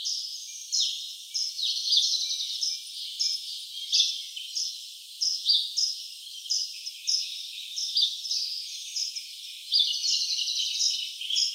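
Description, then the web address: Birds singing with bright, high chirps and short trills in rapid, irregular runs, several phrases overlapping, over a faint constant hiss. "Open Valley. birds"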